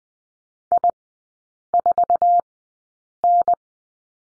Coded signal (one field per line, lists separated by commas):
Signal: Morse code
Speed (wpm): 20 wpm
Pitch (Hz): 700 Hz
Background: none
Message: I4N